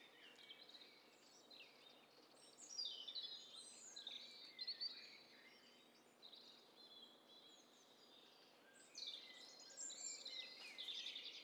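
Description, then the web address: Birds calling together, a dense overlapping mix of high chirps and twitters that swells in a few bursts over a faint steady hiss. Several birds calling at once, in hi-fi stereo. "Hi Fi STEREO BIRD COCKTAIL PARTY Challenge"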